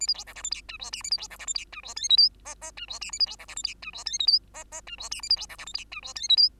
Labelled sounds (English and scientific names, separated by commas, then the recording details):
Bengalese Finch (Lonchura striata domestica) song
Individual Bird2